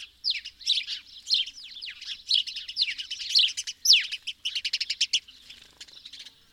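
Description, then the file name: House sparrow chirping in a busy run of sharp, bright chirps and short notes, some quicker repeated notes near the end. "Passer domesticus"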